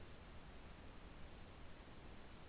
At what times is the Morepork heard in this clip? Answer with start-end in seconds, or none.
none